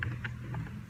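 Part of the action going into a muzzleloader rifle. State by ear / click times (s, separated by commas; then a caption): not seated / none. A part of the action is handled as it is fitted into a muzzleloader rifle being prepared for use, with a steady low hum and a few soft, brief handling sounds. Nothing has seated or clicked into place yet.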